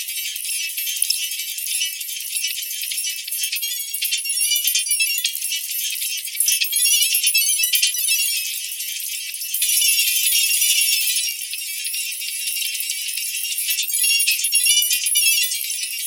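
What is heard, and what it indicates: Steady high-pitched hiss confined to frequencies above about 2 kHz, with a rattling, jingly texture and a brief louder stretch near the middle. It is a distractor-type tinnitus masking sound, meant to draw attention away from ringing ears.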